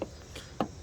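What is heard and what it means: A driver-side exterior door handle on a Hyundai Elantra is inserted into the door frame and pushed home. A soft tap comes first, then a faint scrape, then a sharp click at 0.6 s as the handle seats into the door.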